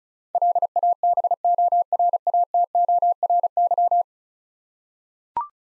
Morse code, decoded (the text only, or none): LABORATORY